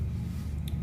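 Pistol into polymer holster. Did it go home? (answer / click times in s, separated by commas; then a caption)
yes / 0.7 s. A Smith & Wesson M&P Shield compact pistol slides down into a molded polymer Blackhawk holster until the retention catches. Over a steady low hum, a single faint, short hit is heard at 0.7 s, with no loud audible click. The pistol is seated, snapped in and held tight by the retention.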